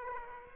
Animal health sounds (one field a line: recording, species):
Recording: mosquito wingbeat signal from an infrared sensor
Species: Aedes aegypti